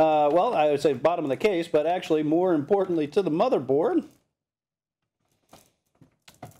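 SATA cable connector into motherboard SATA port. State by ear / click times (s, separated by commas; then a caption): seated / 6.3 s, 6.4 s. Someone talks for about four seconds, then a plastic serial ATA data cable connector is pushed into the SATA port on the motherboard for a new SSD. After a faint rustle, two short sharp clicks come at 6.3 s and 6.4 s. The connector clicks into place and is seated.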